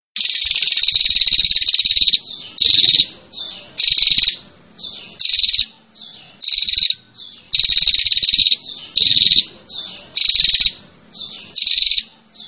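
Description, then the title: Prinia gives a long opening buzz, then a series of short rasping 'cirrr' bursts with fainter bursts in between. Female calling to the male with a 'ngecirrr' call. "Suara Prenjak Betina Ngecirrr Memanggil Prenjak Jantan"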